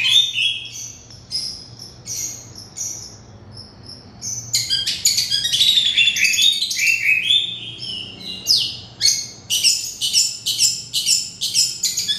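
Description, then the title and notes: Oriental magpie-robin: sparse whistled notes at first, then a rich burst of loud, varied whistles and trills, ending in rapid repeated high chirps. "Kicau Kacer. manukmanukan"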